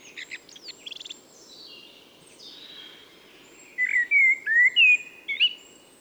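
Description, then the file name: Common blackbird: faint, high twittering first, then a louder phrase of clear, mellow whistled notes with a slight squeaky touch at the finish. "Turdus merula"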